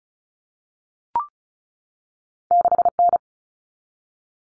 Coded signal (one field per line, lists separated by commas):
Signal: Morse code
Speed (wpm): 34 wpm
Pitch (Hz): 700 Hz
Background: none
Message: 6N